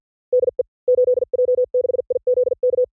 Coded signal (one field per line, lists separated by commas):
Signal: Morse code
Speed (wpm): 50 wpm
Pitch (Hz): 500 Hz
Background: none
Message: DE 8J6IZK